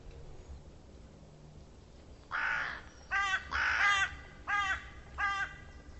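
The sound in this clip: Bird uttering a drawn-out hoarse caw followed by four more nasal, ringing caws in quick succession.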